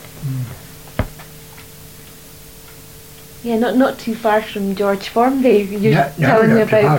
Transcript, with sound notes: Mhm.
Yeah not too far from George Formby,. [laughs] You were telling me about.